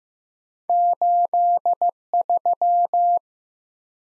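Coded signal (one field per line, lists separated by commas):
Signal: Morse code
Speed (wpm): 15 wpm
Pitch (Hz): 700 Hz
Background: none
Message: 83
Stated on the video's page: Morse practice drill of random two-character letter and number combinations at 15 WPM, each sent, spoken, then sent again.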